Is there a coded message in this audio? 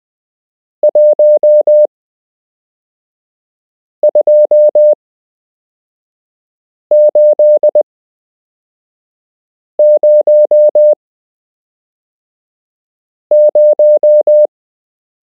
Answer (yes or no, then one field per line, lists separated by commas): yes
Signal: Morse code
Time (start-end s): 0.8-14.5 s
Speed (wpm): 20 wpm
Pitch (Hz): 600 Hz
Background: none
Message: 12800